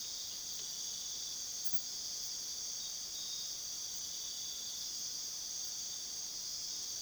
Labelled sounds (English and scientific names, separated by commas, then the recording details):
none
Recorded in pastures near Puerto Asís, Putumayo, Colombia, on 20 February 2024 at 02:00
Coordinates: 0.497, -76.327
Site G7276